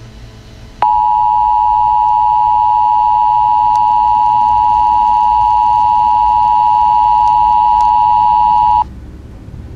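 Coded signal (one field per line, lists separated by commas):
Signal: Emergency Alert System (SAME) tones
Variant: 853 and 960 Hz attention tone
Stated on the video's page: Fictional EAS scenario about the hypothetical star Nemesis.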